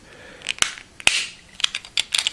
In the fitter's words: you push it together you should hear them snap.